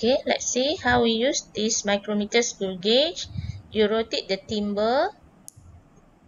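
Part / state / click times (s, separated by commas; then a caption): ratchet thimble of a micrometer screw gauge / torque reached / 5.5 s. Someone talks while the ratchet thimble of a micrometer screw gauge is rotated until the spindle meets the anvil. After the talking stops, a single sharp ratchet click comes at 5.5 s, showing the gauge is completely closed.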